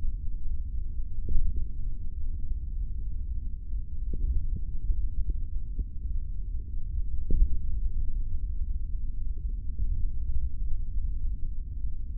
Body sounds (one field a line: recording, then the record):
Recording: forearm muscle sounds (acoustic myography)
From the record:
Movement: finger pinch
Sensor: system 3, bracelet of six PUI Audio POM-2738L microphones around the upper forearm, with dedicated amplification and filtering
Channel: 1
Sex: male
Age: 25 years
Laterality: right